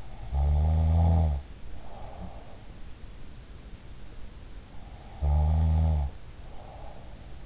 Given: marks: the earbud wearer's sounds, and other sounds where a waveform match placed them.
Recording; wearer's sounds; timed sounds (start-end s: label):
sounds in sleep by an in-ear microphone; snoring breath
0.34-2.66 s: snoring breath
5.22-7.46 s: snoring breath